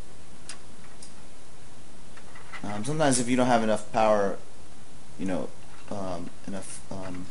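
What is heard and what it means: The power and data cable connectors are plugged back onto the SSD at the back of the computer case and snap into place with two short clicks at 0.5 s and 1.0 s. After that, someone talks.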